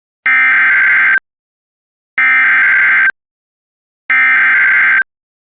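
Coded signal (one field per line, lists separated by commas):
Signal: Emergency Alert System (SAME) tones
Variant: header bursts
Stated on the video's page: Real EAS alerts for the East Palestine, Ohio train derailment.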